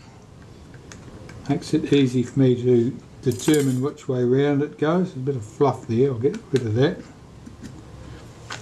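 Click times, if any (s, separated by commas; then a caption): 8.5 s. Someone talks while a small metal part of a Kodak Retina Ib folding camera's front-door mechanism, oriented by its scratch marks (a double line at the bottom and a single line at the top), is pressed into its seat in the door assembly. Faint small clicks come early in the clip, then a sharp click at 8.5 s as the part pops into place and seats, and it moves freely and smoothly.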